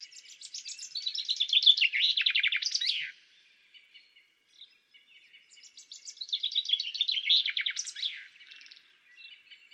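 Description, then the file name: Common chaffinch song: two loud, bright phrases of rapid descending trills, each ending in a quick flourish, separated by a pause of about three seconds with faint chirps. "Fringilla coelebs"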